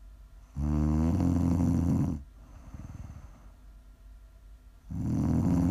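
Loud, low-pitched rattling snoring from an adult woman asleep: a long buzzing snore lasting about a second and a half, a quieter breath out, then the next snore begins.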